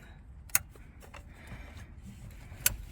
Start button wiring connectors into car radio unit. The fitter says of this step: okay these two in to make sure you you always hear the click um